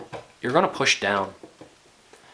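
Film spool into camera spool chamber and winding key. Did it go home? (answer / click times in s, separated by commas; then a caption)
no / none. Someone talks while pushing a film spool down into the spool chamber of a 620 camera, toward the winding key. Only faint, soft handling sounds follow the speech, with no distinct click. Nothing has seated or clicked yet.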